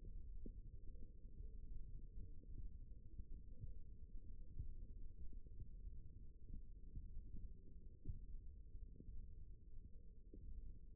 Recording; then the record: forearm muscle sounds (acoustic myography)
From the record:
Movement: finger pinch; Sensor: system 1, eight BSWA MPA416 microphones around the upper forearm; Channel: 4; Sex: male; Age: 23 years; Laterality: right